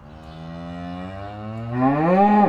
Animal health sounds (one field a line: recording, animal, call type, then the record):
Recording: contact call of a hoofed animal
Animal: cattle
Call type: low-frequency (closed-mouth) or high-frequency (open-mouth) call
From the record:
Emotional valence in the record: negative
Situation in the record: full separation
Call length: 2.5 s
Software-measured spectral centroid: 900 Hz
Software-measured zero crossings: 1070 a second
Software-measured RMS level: -21 dBFS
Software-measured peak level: -5 dBFS